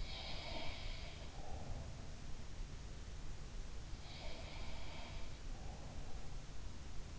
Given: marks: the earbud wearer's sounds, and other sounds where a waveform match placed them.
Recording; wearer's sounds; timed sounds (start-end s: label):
sounds in sleep by an in-ear microphone; breath
0.11-2.21 s: sound from someone else or the room
0.89-2.21 s: breath
4.11-5.38 s: sound from someone else or the room
5.53-6.40 s: breath